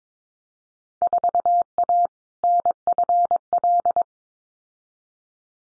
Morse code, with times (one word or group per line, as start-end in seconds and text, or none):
1.0-2.1 4A
2.4-4.0 NFL